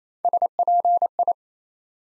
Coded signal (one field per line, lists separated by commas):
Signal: Morse code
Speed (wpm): 27 wpm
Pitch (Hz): 700 Hz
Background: none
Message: SPI